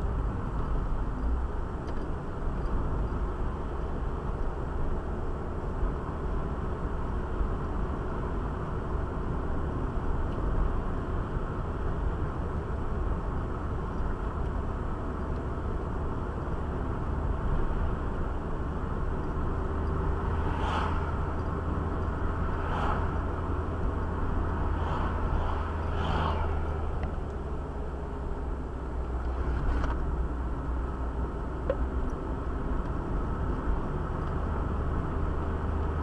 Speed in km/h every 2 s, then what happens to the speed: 40, 42, 40, 42, 41, 47, 46, 48, 47, 43, 44, 45, 44, 43, 44, 38, 40, 39.
0-23 steady at about 43. 23-29 slows to 38. 29-36 steady at about 39.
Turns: 5-17, 27-33.